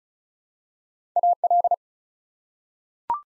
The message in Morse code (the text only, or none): AL